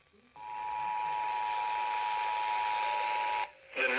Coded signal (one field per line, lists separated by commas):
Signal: Emergency Alert System (SAME) tones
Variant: 853 and 960 Hz attention tone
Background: speech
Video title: (EAS #868 - #898) CHOAS DURING MARTINSVILLE - EAS Alerts from 4/14/23